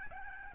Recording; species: mosquito wingbeat signal from an infrared sensor; Aedes albopictus